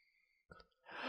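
After near silence, a brief voiced intake like "ah" is followed by a sharp, loud, hissing burst that builds and is cut off at the end. It is a single ordinary adult sneeze, one of several sneezes from the same person that day.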